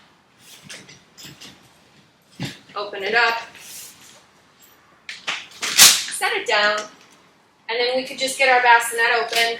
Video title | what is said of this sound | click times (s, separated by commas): Best Travel Bag for the Silver Cross Breez? Affordable Travel Hack! | you line it up, press it until it clicks. We'll do the other side. | 0.7 s